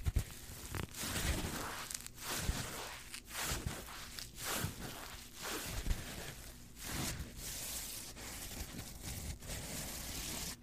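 Rough scratching and scraping textures fill the clip, coming in repeated strokes about once every second, each a gritty, hissy burst that rises and fades. The sound is dense, with brief dips between strokes and a low rumble underneath.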